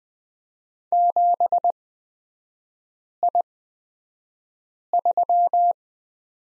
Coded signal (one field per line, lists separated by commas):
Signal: Morse code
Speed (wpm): 20 wpm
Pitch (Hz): 700 Hz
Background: none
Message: 7I3